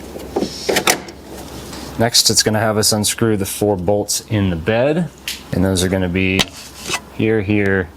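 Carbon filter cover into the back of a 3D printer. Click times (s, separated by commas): 0.9 s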